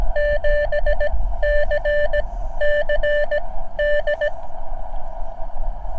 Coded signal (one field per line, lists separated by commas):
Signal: Morse code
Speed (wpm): 17 wpm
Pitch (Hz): 590 Hz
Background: none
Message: 7CCD